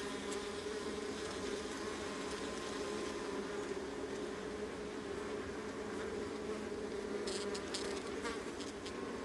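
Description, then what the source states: Honey bee colony humming in a steady overlapping drone, with a burst of small clicks toward the end. Honey bee colony, recorded close.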